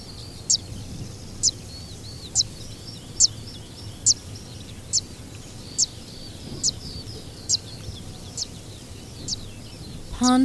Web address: fantailedwarbler